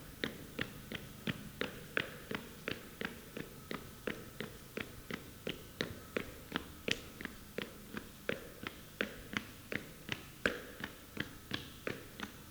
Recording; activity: daily activity, guitar pickup as the sensor; run